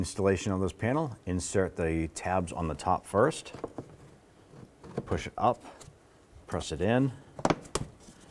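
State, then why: Seated. A plastic trim panel is fitted into the front bumper area of a 2004–2009 Dodge Durango while someone talks: it is set top tabs first, pushed up, pressed in and then down. Sharp clicks at 7.5 s and 7.8 s mark the panel locking into place, seated.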